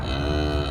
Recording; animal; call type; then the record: contact call of a hoofed animal; cattle; low-frequency (closed-mouth) or high-frequency (open-mouth) call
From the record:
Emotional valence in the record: negative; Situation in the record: full separation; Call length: 0.72 s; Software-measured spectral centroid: 1820 Hz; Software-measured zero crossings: 1470 a second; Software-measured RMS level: -24 dBFS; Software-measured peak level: -12 dBFS